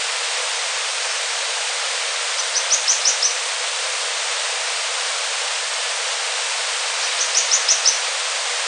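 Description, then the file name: Bird giving short runs of several sharp, high-pitched notes, one run near the start and another near the end, against steady background hiss. "SABIOD 50 bird 2015"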